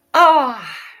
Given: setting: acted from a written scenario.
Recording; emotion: vocal sound without words; pride